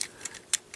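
During transformation of a plastic action figure, a flipped-up panel is lined up and its tab is pushed into a slot on the body. Small plastic ticks are heard at 0.0, 0.3 and 0.7 s, with the loudest sharp snap at 0.5 s as the tab seats in the slot. No one talks.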